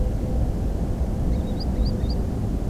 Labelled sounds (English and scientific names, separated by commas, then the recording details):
Green Sandpiper (Tringa ochropus)
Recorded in France